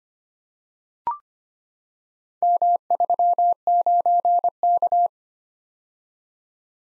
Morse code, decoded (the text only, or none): M39K